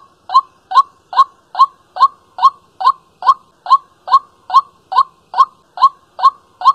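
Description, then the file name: White-breasted waterhen repeating a clipped, knocking note over and over at a brisk, even pace, with a quiet background. Calling at night. "tieng quoc keu ban dem"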